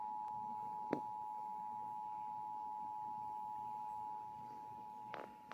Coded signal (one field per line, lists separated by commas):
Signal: Emergency Alert System (SAME) tones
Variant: 853 and 960 Hz attention tone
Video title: EAS Alert - Severe Thunderstorm Warning 7/23/16